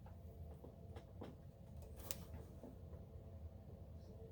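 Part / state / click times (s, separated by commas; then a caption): graphics card into motherboard expansion slot / not seated / none. A graphics card is pushed into the motherboard expansion slot of an HP EliteDesk 800 G1 tower midtower PC, with low steady hum, faint scraping and a brief sharp tick at 2.1 s. The slot's retention latch does not lock, so nothing has seated or clicked yet, and there is worry about breaking the latch piece.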